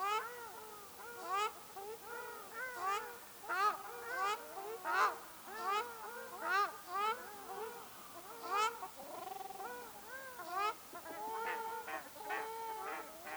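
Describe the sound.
Ruddy shelduck honks, loud nasal arched calls repeated many times throughout.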